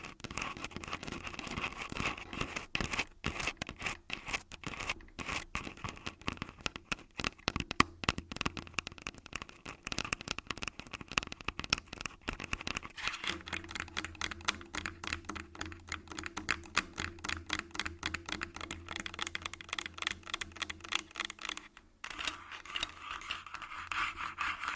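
Dense, rapid tapping and scratching on a body, a fast stream of sharp clicks and raspy rubs with little pause. Around 13 seconds the tapping grows more regular and rhythmic over a low steady hum, with a brief near-silence at about 22 seconds.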